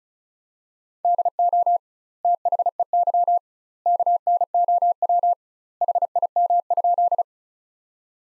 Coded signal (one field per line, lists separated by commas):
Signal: Morse code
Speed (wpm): 34 wpm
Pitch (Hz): 700 Hz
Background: none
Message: DO THEY KNOW HIM?